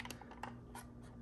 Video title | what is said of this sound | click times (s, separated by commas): 1:18 Japanese Zero (A6M) Elite Force UNBOXING! | And just, there we go. It locks into place. | 0.4 s